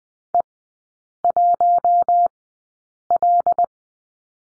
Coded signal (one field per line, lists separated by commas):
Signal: Morse code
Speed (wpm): 20 wpm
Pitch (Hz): 700 Hz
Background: none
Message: E1L